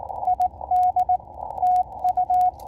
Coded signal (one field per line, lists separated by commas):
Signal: Morse code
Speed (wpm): 19 wpm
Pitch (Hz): 730 Hz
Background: radio noise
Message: ID TU